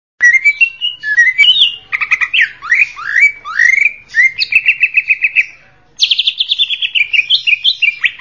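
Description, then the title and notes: Greater green leafbird singing a rich, varied stream of whistled slurs, rapid chattering trills and repeated staccato notes, pausing briefly before a fast descending series. Champion songbird. "Kicau Burung Cucak Ijo Juara. Suara kicauan burung cucak ijo"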